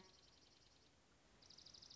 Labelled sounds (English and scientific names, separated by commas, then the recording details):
Dark-eyed Junco (Junco hyemalis)
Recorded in Sonoma County, California